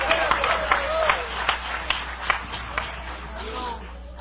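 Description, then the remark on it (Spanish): A crowd claps steadily and densely for several seconds in applause for the Lord, the sharp overlapping claps mixed with voices calling out over the applause. “Si es para el Señor, dale fuerte ese aplauso.”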